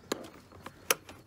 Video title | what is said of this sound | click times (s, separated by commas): Graco Nautilus Snuglock Seat Belt Installation | you hear a click at this point you want to check for some movement side to side usually | 0.9 s